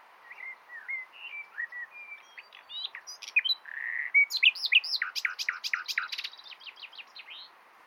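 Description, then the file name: Common nightingale song, starting with soft scattered whistles and swelling into a loud, dense run of rapid slurred notes before fading. "Luscinia megarhynchos"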